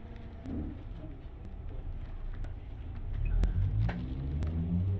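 A car rumbles past with a low engine drone that swells about midway and stays strong, under a steady hiss and a few sharp clicks.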